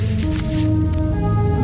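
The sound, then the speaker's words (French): Cigarette rolling paper crinkles and rustles in soft, brief bursts, heard over a steady, low, humming musical drone with no one speaking. “Le papier.”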